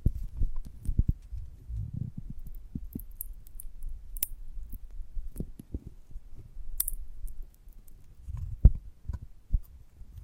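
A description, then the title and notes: Chewing and handling of a giant gummy bear: soft, low squishes and sticky thuds come irregularly, with sharp clicks and wet smacks scattered throughout, a couple of bright crisp snaps near four and seven seconds, and a loud tap around eight and a half seconds. ASMR of a Giant Gummy Bear (No Talking).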